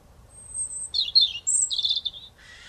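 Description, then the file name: European robin singing a high, drawn-out thin note, then quick jumbled twittering phrases dropping and rising in pitch, ending with a soft rasp. "Erithacus rubecula"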